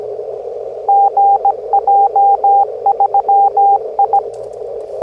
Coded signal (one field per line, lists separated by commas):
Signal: Morse code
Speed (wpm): 17 wpm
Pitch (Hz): 800 Hz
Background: radio noise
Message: GJ3I